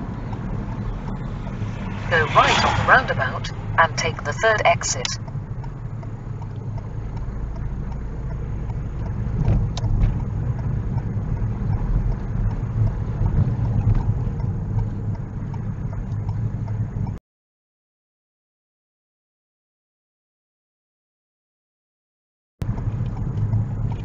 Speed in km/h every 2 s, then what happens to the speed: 19, 16, 15, 16, 18, 16, 16, 13, 13, 15, 16, 15.
0-24 steady at about 16.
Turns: 8-21.